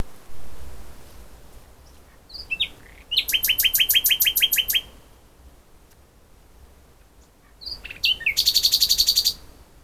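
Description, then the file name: Common nightingale song: brief sweeping notes, then a fast, even rattle of repeated chirps; after a pause another burst of rapid, buzzy high notes. "Luscinia megarhynchos"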